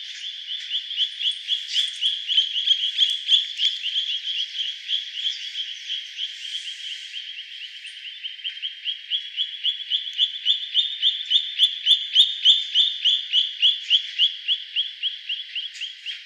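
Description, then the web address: Long-billed plover calling, a fast, even series of high clear notes, continuing steadily with slight swells in loudness. Recorded 9 April 2016. "birdenaga ikarutidori"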